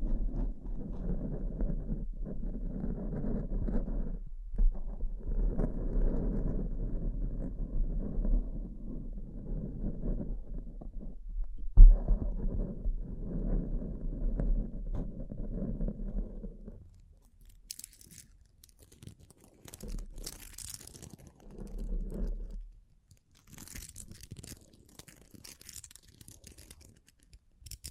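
Bling bling triggers begin with a dense, muffled rustling and rubbing over a low steady hum for about seventeen seconds, broken by short pauses and a sharp tap near twelve seconds. Then come sparser, brighter crinkles and faint jingles in scattered bursts.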